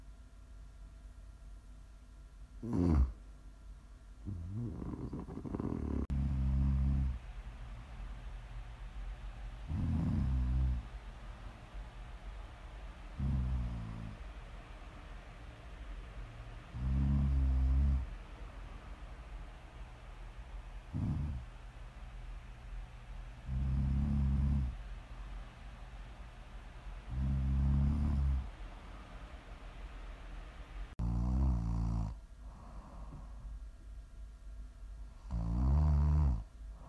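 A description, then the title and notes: Snoring repeats in low, rumbling bursts, each lasting about a second or two, roughly every three to four seconds. A steady faint hiss fills the gaps between breaths. A few sharper, brighter snorts break in near the start and again toward the end. ASMR snoring.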